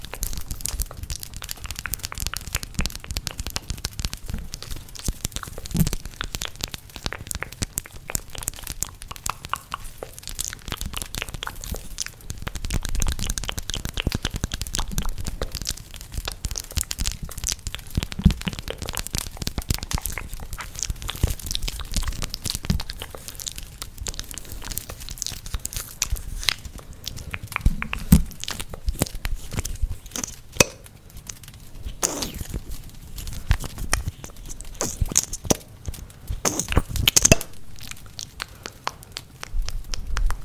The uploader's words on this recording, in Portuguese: ASMR SONS DE BOCA super intensos com SONS DE LAREIRA.